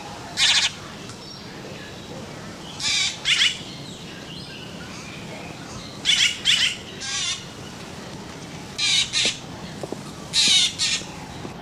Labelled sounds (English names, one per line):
San Blas Jay call